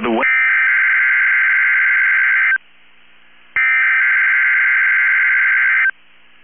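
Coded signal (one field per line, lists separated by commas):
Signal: Emergency Alert System (SAME) tones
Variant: header bursts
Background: speech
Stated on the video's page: NOAA Weather Radio required weekly test from Minneapolis, captured from an online weather radio stream via browser audio capture.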